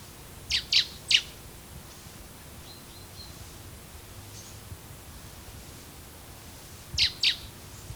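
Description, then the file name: Common blackbird uttering a quick series of three high, sharp notes, a faint thin note, then another pair of similar notes after a pause. "Turdus merula"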